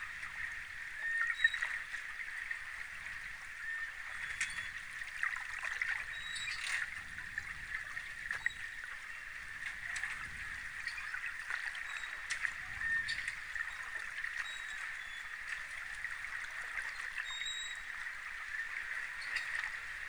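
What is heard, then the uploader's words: Water moves steadily around Cadogan Pier on the Thames, a constant bright wash that barely changes over the twenty seconds. Small knocks and clicks come and go throughout, with soft low rumbling swells underneath, a little stronger in the first half. Cadogan Pier, north bank of the Thames, London, Spring 2023 – by Lucy Wood. Cadogan Pier, North Bank of the river Thames, beneath Albert Bridge near Chelsea Embankment.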